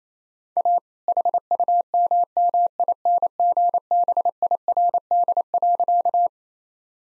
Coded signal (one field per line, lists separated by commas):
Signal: Morse code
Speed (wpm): 27 wpm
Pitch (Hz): 700 Hz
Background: none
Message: A HUMMINGBIRD.